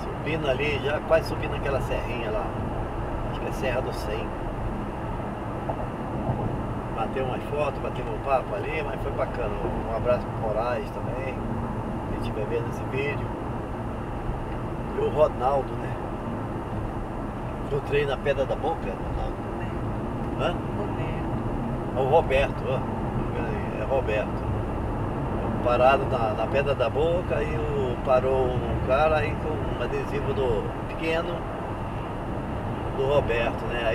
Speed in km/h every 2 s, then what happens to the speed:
98, 97, 94, 92, 91, 90, 92, 89, 90, 90, 91, 96, 100, 104, 107, 108, 111.
0-19 steady at about 91. 19-34 speeds up to 111.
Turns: none.